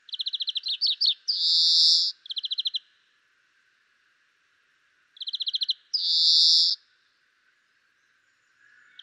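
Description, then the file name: European greenfinch song: a fast ticking trill followed by a loud, drawn-out wheezy buzz, then another trill, with the trill and buzz repeated after a pause. "Chloris chloris"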